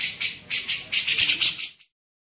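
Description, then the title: Grey-cheeked bulbul giving a short series of raspy, buzzy notes in quick succession before falling silent. Used for training songbirds (masteran). "CUCAK JENGGOT"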